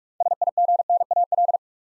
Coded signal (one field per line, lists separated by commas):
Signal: Morse code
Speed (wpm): 44 wpm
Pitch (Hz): 700 Hz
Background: none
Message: SIGNAL